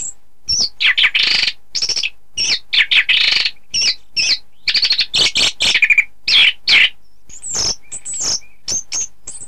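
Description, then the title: Thrush song: a fast run of varied bright chirps and warbled high phrases with short gaps. "Suara Burung Anis"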